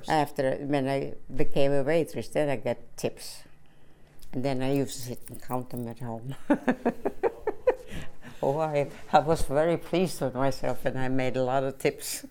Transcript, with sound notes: After, when I became a waitress, then I got tips. And then I used to count them at home. (she laughs) Oh I, I was very pleased with myself when I made a lot of tips.